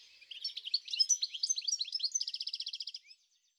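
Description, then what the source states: European greenfinch song: quick varied twitters leading into a rapid, evenly spaced trill that stops abruptly, then silence. In the countryside.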